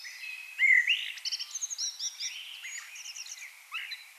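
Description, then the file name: Common blackbird song phrase: a clear rising whistle opens, then a quick run of thin, high, rattling twitters that fade toward the end. "Turdus merula"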